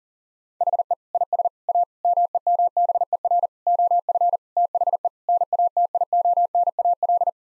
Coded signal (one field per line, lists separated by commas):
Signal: Morse code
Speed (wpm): 40 wpm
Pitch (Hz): 700 Hz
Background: none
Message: HE IS A MEMBER OF THE NATIONAL